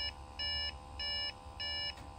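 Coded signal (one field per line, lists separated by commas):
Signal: beep code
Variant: Dell BIOS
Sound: evenly spaced buzzy beeps, about three per two seconds, from a computer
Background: low hum, fan noise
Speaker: In the case of those five rapid continuous beeps, the cause is a dead COS battery.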